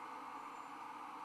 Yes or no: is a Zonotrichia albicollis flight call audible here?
no